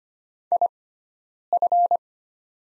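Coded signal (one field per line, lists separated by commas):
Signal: Morse code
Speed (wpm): 25 wpm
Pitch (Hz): 700 Hz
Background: none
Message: IF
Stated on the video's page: Morse practice of the top 100 words at 25 wpm with sixfold character spacing, Farnsworth-style timing.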